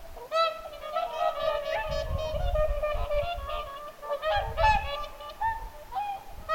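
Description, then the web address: Whooper swan flock bugling continuously, dense overlapping trumpet-like honks with bursts of low rumbling noise. Whooper swans vocalizing at Lintulahti, 6 November 2025. "paivat 6 11 2025 laulujoutsenten aantelya lintulahdella"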